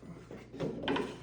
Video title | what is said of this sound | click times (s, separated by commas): Swapping saw blades on a Bosch 12" Compound Miter Saw (GCM12SD) and a Bosch 10" Table Saw (TS3000). | And then this can slide right over it. It clicks right in just like that. | 0.9 s